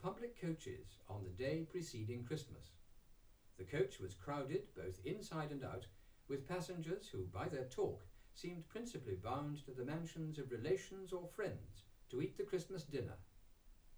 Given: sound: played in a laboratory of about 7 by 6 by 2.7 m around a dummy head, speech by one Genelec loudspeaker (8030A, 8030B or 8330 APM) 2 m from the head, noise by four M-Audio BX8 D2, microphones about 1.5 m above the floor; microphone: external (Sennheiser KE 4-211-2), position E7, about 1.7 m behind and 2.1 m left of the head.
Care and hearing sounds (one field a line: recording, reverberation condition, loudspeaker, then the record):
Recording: male speech in English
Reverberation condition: low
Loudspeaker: 30 degrees to the right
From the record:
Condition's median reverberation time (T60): about 310 ms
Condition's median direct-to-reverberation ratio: about 3.5 dB